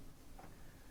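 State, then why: Not seated. A third-row headrest on a 2024 Nissan Pathfinder Platinum AWD is handled by hand at the third-row seatback, with only a faint, steady low background and a brief soft mid-range swell near 0.4 seconds. Nothing has seated or clicked yet.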